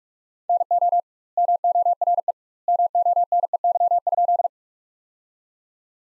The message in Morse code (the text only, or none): NO MORE MONEY?